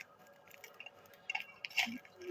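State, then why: Not seated. The spring-loaded figure of a children's pop-up toy is being pushed down into its plastic barrel, with soft handling rustles and a few small, light plastic ticks and taps. A louder knock comes near the end. The clip stops before the figure catches, so nothing has locked or seated yet.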